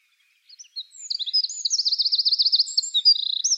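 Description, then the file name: Eurasian wren singing a shrill, rapid outburst that builds into a steady metallic trill, then a quick twittering flourish, all high and piercing. "Troglodytes troglodytes"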